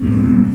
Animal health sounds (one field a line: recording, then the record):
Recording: squeal of a Yucatan mini pig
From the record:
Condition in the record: after surgery on the right vocal fold (resection and tissue-engineered implant)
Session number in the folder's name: 13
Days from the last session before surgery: 113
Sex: female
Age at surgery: 19 weeks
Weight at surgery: 25 kg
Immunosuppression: prednisolone